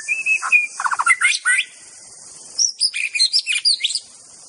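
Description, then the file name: White-rumped Shama song: rich varied whistled phrases with rapid trills and sweeping notes in two bursts separated by a brief pause. Wild forest-dwelling bird. "suara muraibatu hutan. omkicau"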